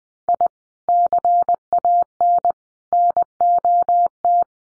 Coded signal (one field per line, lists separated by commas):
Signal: Morse code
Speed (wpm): 20 wpm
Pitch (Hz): 700 Hz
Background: none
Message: I CAN NOT